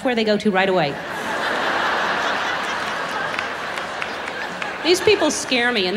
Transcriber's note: soundbite of laughter